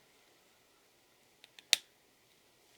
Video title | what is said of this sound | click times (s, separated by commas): I love this Miku Doll ♡ Is This the New Nendoroid Doll? Blokees Serendipity Hatsune Miku | Make sure it clicks into place. | 1.7 s